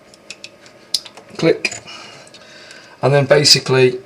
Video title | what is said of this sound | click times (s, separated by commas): Lagging video problem solved DJI Phantom 3 Advanced | for the second one click | 0.9 s